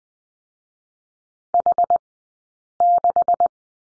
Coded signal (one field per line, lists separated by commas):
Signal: Morse code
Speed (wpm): 19 wpm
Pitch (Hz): 700 Hz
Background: none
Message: H6